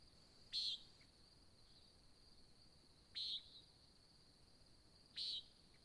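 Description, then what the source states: Nighthawk giving three loud nasal, buzzy notes roughly every two to three seconds, above a steady high-pitched cricket hum. Recorded at Sutton in July 2017 at dawn; labelled as nighthawk competition.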